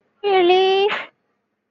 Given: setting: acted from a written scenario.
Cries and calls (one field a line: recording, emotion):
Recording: vocal sound without words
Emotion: relief